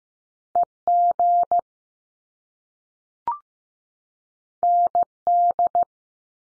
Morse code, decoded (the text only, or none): E G N D